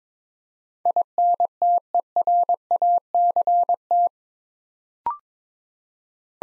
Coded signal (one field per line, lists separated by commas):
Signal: Morse code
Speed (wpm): 22 wpm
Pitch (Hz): 700 Hz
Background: none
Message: INTERACT